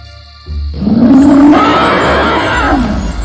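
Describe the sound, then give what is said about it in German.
A dragon in a cave roars on seeing two men: a loud, deep roar erupts after a brief low rumble, sustained for about three seconds with a rising growl that wavers and slowly falls in pitch, no speech. “Aber es war zu spät, denn der Drache öffnete seine heftigen Augen. Und als er die beiden Männer sah, brüllte er laut.”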